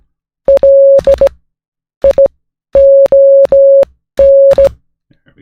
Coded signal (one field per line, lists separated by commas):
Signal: Morse code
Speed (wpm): 16 wpm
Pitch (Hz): 550 Hz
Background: music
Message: LION